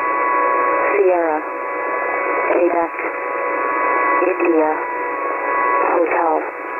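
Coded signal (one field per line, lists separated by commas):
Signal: coded military voice message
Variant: HFGCS Emergency Action Message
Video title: HFGCS EAM 231223 16:16 UTC [92 CHARACTER MESSAGE]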